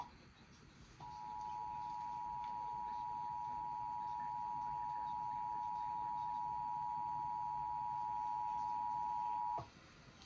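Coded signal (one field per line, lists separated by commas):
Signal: Emergency Alert System (SAME) tones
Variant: 853 and 960 Hz attention tone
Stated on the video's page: Real Required Monthly Test alerts from DC-area broadcast stations and TV providers, including a K-Love FM transmitter; many stations failed.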